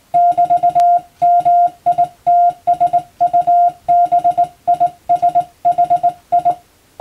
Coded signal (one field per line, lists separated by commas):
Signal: Morse code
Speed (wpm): 21 wpm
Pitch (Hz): 700 Hz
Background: none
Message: <BT>MITSUBISHI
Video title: 【Radio operator morse practice】This is a practice scene for the practical exam for radio operators.